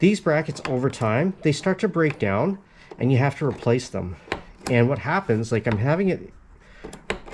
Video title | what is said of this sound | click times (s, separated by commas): Which kayak should you buy? Hobie vs OT. My honest opinion if you're in the market for used kayak. | it's what's I'm having an issue right now is that this bracket will not lock into place. | none